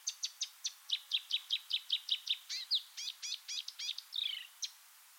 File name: suara kicauan burung marsh warbler. omkicau